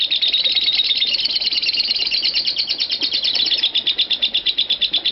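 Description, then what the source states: Lovebird chattering in a fast, shrill stream of high chirps, running on without a break for the whole stretch. Call style named konslet.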